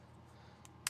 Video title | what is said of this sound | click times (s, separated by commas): Fanhome Ghostbusters Ecto-1 model partwork kit build part 9 issue 12 stages 39-42 | snap her into place that is a nice positive click | 0.9 s